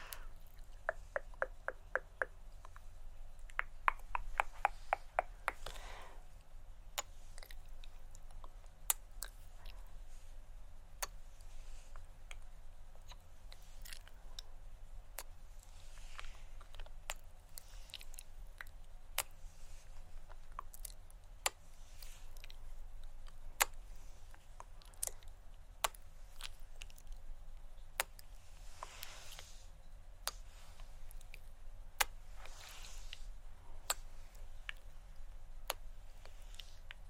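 Mouth sounds with hand movements: a fast run of sharp tongue clicks opens the first six seconds, then scattered single clicks and soft shooping swishes follow at irregular intervals. A steady low hum sits underneath throughout.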